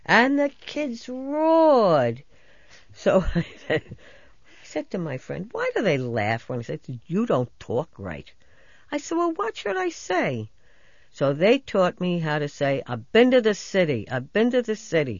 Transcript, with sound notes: And the kids roared! So I said, I said to my friend, "Why do they laugh?" And he said, ( she demonstrates a New York accent ) "You don't 'tawk' right." I said, "Well, what should I say?" So they taught me how to say, "I been to the city, I been to the city."